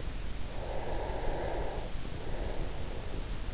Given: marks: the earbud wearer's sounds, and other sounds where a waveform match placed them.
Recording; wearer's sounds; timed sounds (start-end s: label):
sounds in sleep by an in-ear microphone; breath
0.45-3.19 s: breath